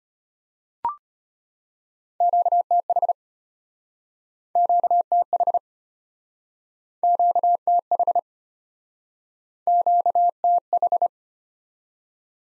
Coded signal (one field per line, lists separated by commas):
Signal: Morse code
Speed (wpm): 34 wpm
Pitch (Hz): 700 Hz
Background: none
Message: QTH QTH QTH QTH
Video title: Top 20 QSO Elements - Speed-Racing - 25wpm